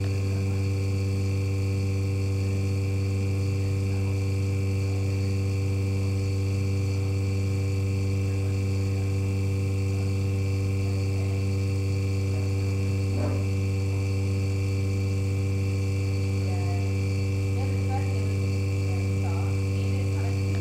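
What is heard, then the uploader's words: A laboratory pump runs steadily with a strong low hum near 100 Hz and a stack of fixed whining tones above it, unchanging in level throughout. Faint clicks and small knocks appear briefly around the thirteen-second mark and near the end. Sounds of UCL: Engineering Lab - Environmental Lab Pump. Environmental Lab Pump - Kim Morgan.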